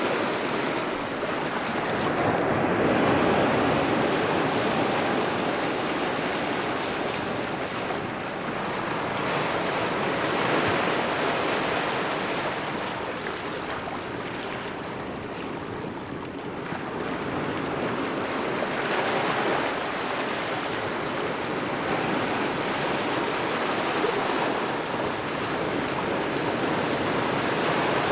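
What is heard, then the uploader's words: Ocean waves wash steadily onto a beach, a dense continuous roar swelling around three, ten, nineteen and twenty-five seconds, with wind underneath. Relaxing Ocean Sounds, Exotic Island Ambience & Beach Waves. The symphony of relaxing ocean waves, beach sounds and island ambience.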